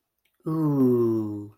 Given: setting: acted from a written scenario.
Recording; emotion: vocal sound without words; adoration